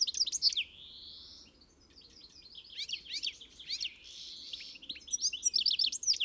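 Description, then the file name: European goldfinch calls: quick high chirps broken by a drawn-out buzzy note, then more rapid tinkling twitters. "Carduelis carduelis"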